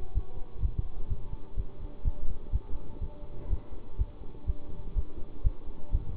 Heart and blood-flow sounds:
heart sounds by stethoscope; between the tricuspid and mitral areas; 125 bpm
0.13 s: heartbeat
0.60 s: heartbeat
1.08 s: heartbeat
1.55 s: heartbeat
2.02 s: heartbeat
2.50 s: heartbeat
2.99 s: heartbeat
3.48 s: heartbeat
3.96 s: heartbeat
4.45 s: heartbeat
4.94 s: heartbeat
5.42 s: heartbeat
5.90 s: heartbeat
From the record:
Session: bicycle stress test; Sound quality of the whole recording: good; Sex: male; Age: 24 years

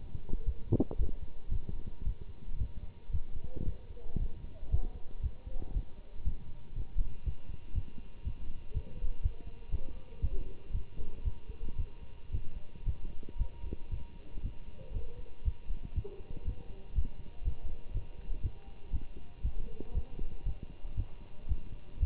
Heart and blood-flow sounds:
heart sounds by stethoscope; between the tricuspid and mitral areas; 117 bpm
0.45 s: heartbeat
0.97 s: heartbeat
1.50 s: heartbeat
2.04 s: heartbeat
2.58 s: heartbeat
3.11 s: heartbeat
3.65 s: heartbeat
4.18 s: heartbeat
4.70 s: heartbeat
5.22 s: heartbeat
5.73 s: heartbeat
6.24 s: heartbeat
6.74 s: heartbeat
7.24 s: heartbeat
7.74 s: heartbeat
8.23 s: heartbeat
8.73 s: heartbeat
9.22 s: heartbeat
9.71 s: heartbeat
10.21 s: heartbeat
10.72 s: heartbeat
11.24 s: heartbeat
11.77 s: heartbeat
12.31 s: heartbeat
12.85 s: heartbeat
13.38 s: heartbeat
13.90 s: heartbeat
14.42 s: heartbeat
14.93 s: heartbeat
15.44 s: heartbeat
15.94 s: heartbeat
16.45 s: heartbeat
16.94 s: heartbeat
17.44 s: heartbeat
17.93 s: heartbeat
18.42 s: heartbeat
18.91 s: heartbeat
19.42 s: heartbeat
19.93 s: heartbeat
20.45 s: heartbeat
20.96 s: heartbeat
21.47 s: heartbeat
21.99 s: heartbeat
From the record:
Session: Bruce protocol treadmill stress test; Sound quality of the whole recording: good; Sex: male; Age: 24 years

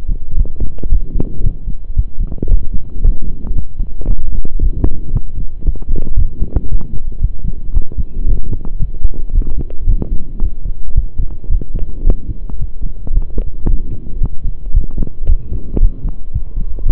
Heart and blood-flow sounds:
heart sounds by stethoscope; between the tricuspid and mitral areas; 113 bpm
0.37 s: heartbeat
0.91 s: heartbeat
1.44 s: heartbeat
1.97 s: heartbeat
2.50 s: heartbeat
3.03 s: heartbeat
3.56 s: heartbeat
4.09 s: heartbeat
4.61 s: heartbeat
5.14 s: heartbeat
5.66 s: heartbeat
6.18 s: heartbeat
6.70 s: heartbeat
7.22 s: heartbeat
7.74 s: heartbeat
8.27 s: heartbeat
8.80 s: heartbeat
9.34 s: heartbeat
9.88 s: heartbeat
10.42 s: heartbeat
10.96 s: heartbeat
11.50 s: heartbeat
12.05 s: heartbeat
12.60 s: heartbeat
13.14 s: heartbeat
13.68 s: heartbeat
14.21 s: heartbeat
14.74 s: heartbeat
15.28 s: heartbeat
15.81 s: heartbeat
16.34 s: heartbeat
16.86 s: heartbeat
From the record:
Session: pedaling a stationary bicycle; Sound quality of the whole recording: saturated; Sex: male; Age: 23 years

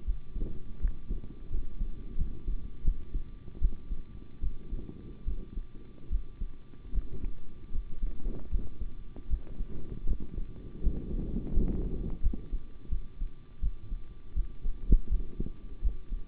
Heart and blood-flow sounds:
heart sounds by stethoscope; between the tricuspid and mitral areas; 80 bpm
0.04 s: heartbeat
0.79 s: heartbeat
1.49 s: heartbeat
2.16 s: heartbeat
2.83 s: heartbeat
3.59 s: heartbeat
4.41 s: heartbeat
5.25 s: heartbeat
6.09 s: heartbeat
6.92 s: heartbeat
7.71 s: heartbeat
8.49 s: heartbeat
9.28 s: heartbeat
10.06 s: heartbeat
10.81 s: heartbeat
11.52 s: heartbeat
12.21 s: heartbeat
12.89 s: heartbeat
13.60 s: heartbeat
14.34 s: heartbeat
15.09 s: heartbeat
15.81 s: heartbeat
From the record:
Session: rest, sitting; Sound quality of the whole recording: good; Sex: male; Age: 25 years

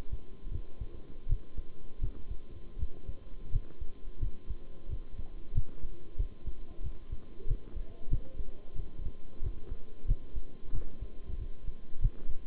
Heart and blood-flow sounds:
heart sounds by stethoscope; between the tricuspid and mitral areas; 89 bpm
0.51 s: heartbeat
1.28 s: heartbeat
2.01 s: heartbeat
2.78 s: heartbeat
3.51 s: heartbeat
4.20 s: heartbeat
4.88 s: heartbeat
5.54 s: heartbeat
6.17 s: heartbeat
6.82 s: heartbeat
7.46 s: heartbeat
8.10 s: heartbeat
8.75 s: heartbeat
9.42 s: heartbeat
10.07 s: heartbeat
10.72 s: heartbeat
11.38 s: heartbeat
12.01 s: heartbeat
From the record:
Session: bicycle stress test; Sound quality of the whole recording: good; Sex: male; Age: 23 years

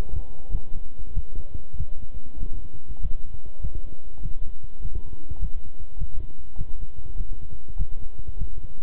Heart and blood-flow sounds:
heart sounds by stethoscope; between the tricuspid and mitral areas; 99 bpm
0.49 s: heartbeat
1.12 s: heartbeat
1.76 s: heartbeat
2.38 s: heartbeat
3.00 s: heartbeat
3.60 s: heartbeat
4.20 s: heartbeat
4.80 s: heartbeat
5.39 s: heartbeat
5.97 s: heartbeat
6.56 s: heartbeat
7.15 s: heartbeat
7.76 s: heartbeat
8.37 s: heartbeat
From the record:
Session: walking at 3.7 km/h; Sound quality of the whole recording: good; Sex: male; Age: 26 years

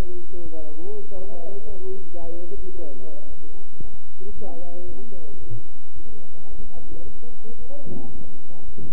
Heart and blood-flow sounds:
heart sounds by stethoscope; between the tricuspid and mitral areas; 111 bpm
0.56 s: heartbeat
1.12 s: heartbeat
1.66 s: heartbeat
2.20 s: heartbeat
2.74 s: heartbeat
3.27 s: heartbeat
3.81 s: heartbeat
4.34 s: heartbeat
4.86 s: heartbeat
5.39 s: heartbeat
5.94 s: heartbeat
6.49 s: heartbeat
7.03 s: heartbeat
7.58 s: heartbeat
8.12 s: heartbeat
8.65 s: heartbeat
From the record:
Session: bicycle stress test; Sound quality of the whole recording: good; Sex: male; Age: 23 years

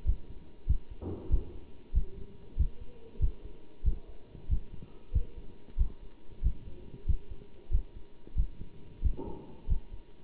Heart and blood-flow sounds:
heart sounds by stethoscope; between the tricuspid and mitral areas; 94 bpm
0.06 s: heartbeat
0.67 s: heartbeat
1.30 s: heartbeat
1.94 s: heartbeat
2.57 s: heartbeat
3.20 s: heartbeat
3.84 s: heartbeat
4.49 s: heartbeat
5.13 s: heartbeat
5.77 s: heartbeat
6.43 s: heartbeat
7.07 s: heartbeat
7.71 s: heartbeat
8.36 s: heartbeat
9.02 s: heartbeat
9.68 s: heartbeat
From the record:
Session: bicycle stress test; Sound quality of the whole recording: good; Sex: male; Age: 27 years

